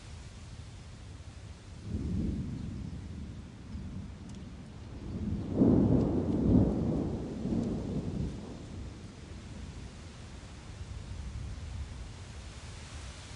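Steady storm hiss runs throughout, with low thunder rumbling in around two seconds and a louder, longer roll swelling near six seconds before fading by eight. The rest stays an even, soft wash of rain-like noise with no sharp cracks.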